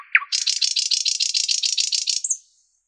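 Common nightingale song: a brief whistle, then a long fast buzzing rattle of rapid repeated notes lasting about two seconds before stopping.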